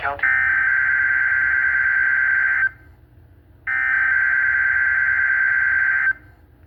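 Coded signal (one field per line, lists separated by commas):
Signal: Emergency Alert System (SAME) tones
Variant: header bursts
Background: speech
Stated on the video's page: NOAA Weather Radio required weekly test from WXJ-46 Miamisburg, Ohio on 162.475 MHz, received on an Eton Zoneguard weather radio.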